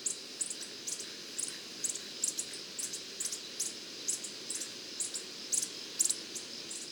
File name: Coppery headed emerald